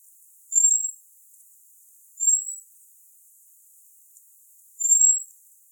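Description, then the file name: Common blackbird calls: three thin, very high, drawn-out whistles at irregular intervals, with quiet hiss between. "Turdus merula"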